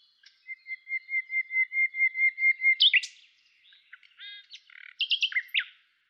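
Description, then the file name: Common nightingale song: a long run of clear whistled notes on one pitch, growing louder, then a sharp flourish followed by rattling and varied sharp notes. "Luscinia megarhynchos"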